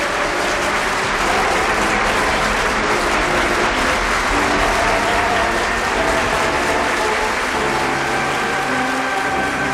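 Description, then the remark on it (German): A theatre audience cheers and claps continuously at the final scene of Brecht's Threepenny Opera, when Mack the Knife is freed, a dense, steady wash of applause mixed with excited voices, loud and unbroken for the full length with no distinct speech. “Alle jubeln.”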